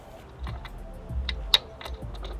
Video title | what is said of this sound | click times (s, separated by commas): Installing an LED Light Bar on the Suzuki Carry Kei Truck | it looks like the head locks in place with the stand so all we have to do is attach it with the nut onto the bottom | 1.5 s